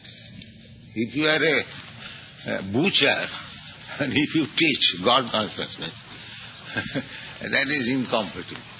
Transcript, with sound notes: If you are a butcher, and if you teach God consciousness [laughs], that is incompatible.